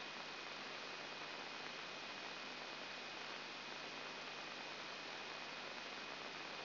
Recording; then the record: brain microelectrode recording played as sound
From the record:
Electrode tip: inside the subthalamic nucleus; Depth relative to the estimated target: 2 mm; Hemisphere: left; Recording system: AlphaMap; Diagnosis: Parkinson's disease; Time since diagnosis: 8 years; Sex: female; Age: 37 years